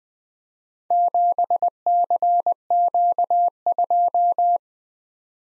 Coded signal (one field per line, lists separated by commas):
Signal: Morse code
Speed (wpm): 20 wpm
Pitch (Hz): 700 Hz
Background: none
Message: 7CQ2